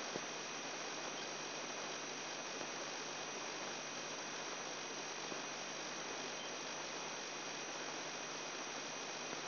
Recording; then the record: brain microelectrode recording played as sound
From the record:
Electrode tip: inside the subthalamic nucleus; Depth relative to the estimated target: -1 mm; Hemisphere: right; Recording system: AlphaMap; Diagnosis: Parkinson's disease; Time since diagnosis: 10 years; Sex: male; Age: 58 years